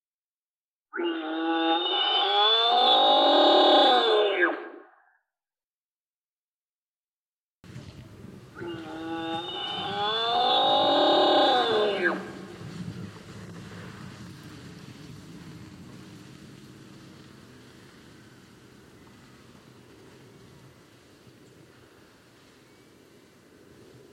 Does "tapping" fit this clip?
no